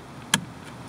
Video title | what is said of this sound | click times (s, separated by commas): How to Remove a Door Panel in a Toyota RAV4 (2001 to 2005) | Make sure it clicks. | 0.3 s